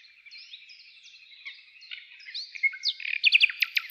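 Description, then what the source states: Nightingale giving soft, varied warbling notes that end in a quick burst of loud, sharp repeated notes. Nightingale trill.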